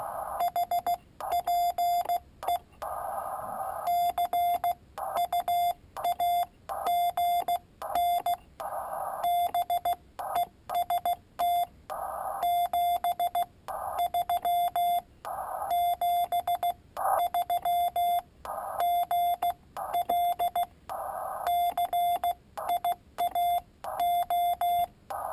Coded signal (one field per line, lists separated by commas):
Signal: Morse code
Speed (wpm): 16 wpm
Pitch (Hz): 700 Hz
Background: none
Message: HPE CUAGN BEST 73 73 GL CIAO